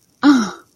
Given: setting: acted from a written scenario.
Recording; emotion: vocal sound without words; realization